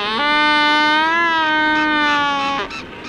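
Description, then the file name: Black-browed albatross courtship call: one long, loud, nasal braying note that holds steady, rises slightly midway, then cuts off sharply. Courtship display (parade). "Albatros sourcils noirs - parade"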